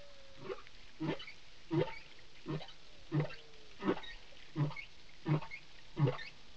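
Whale calls: a steady series of low, grunting pulses, nine in all, spaced under a second apart, with faint thin whistles gliding between them.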